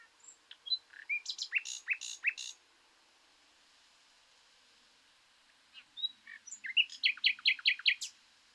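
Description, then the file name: Common nightingale song: two varied phrases of quick chirps and sharp clicking strokes, separated by a few seconds of quiet background hiss. "Luscinia megarhynchos"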